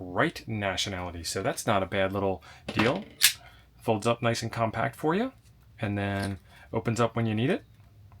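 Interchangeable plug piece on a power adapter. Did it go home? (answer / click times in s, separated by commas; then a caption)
no / none. Someone talks while handling an interchangeable plug piece on a power brick's adapter, showing how the folding plug folds up compact and opens out when needed. Nothing has seated or clicked yet, and the plug piece has not locked in place by the end of the clip.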